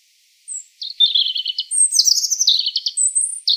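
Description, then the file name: European robin singing a continuous, varied stream of high, tinkling notes, with fast trills alternating with thin sliding whistles at different pitches. "Erithacus rubecula"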